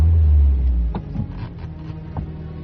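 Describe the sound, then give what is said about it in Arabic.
A car engine rumbles deep and loud, then eases off as the car rolls away over an unpaved road, with scattered crunching clicks and bumps over a steady low hum. “أركبوها السيارة، فتح الباب الحديدي الكبير، ثم تحركت السيارة على الطريق غير المعبدة.”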